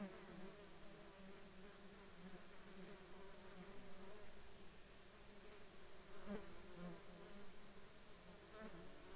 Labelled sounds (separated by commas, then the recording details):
insects
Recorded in the Arctic National Wildlife Refuge, Alaska, on 21 June 2019 at 10:44
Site 33